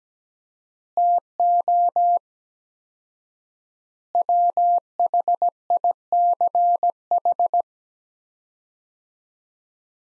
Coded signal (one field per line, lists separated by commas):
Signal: Morse code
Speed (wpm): 17 wpm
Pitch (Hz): 700 Hz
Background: none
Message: TO WHICH